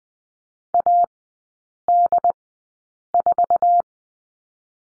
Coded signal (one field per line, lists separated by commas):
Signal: Morse code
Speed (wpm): 20 wpm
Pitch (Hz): 700 Hz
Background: none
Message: AD4